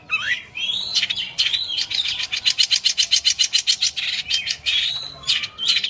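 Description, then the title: Long-tailed shrike song: high rising whistles, then a fast run of many evenly spaced buzzy notes, ending in scattered chirps. Champion songbird. "Kicau Burung Cendet Juara"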